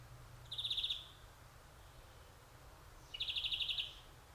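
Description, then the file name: European greenfinch giving two short rapid trills, each well under a second long, separated by a pause of roughly two seconds. "Chloris chloris"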